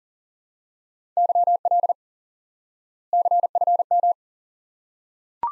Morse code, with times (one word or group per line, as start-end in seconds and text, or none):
1.2-1.9 YL
3.1-4.1 CFM